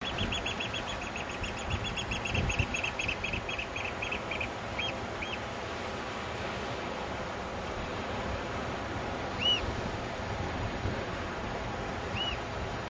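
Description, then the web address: Oystercatcher giving a rapid series of shrill piping notes that slows to a few single notes, under heavy roaring background noise. "cantos ostrero"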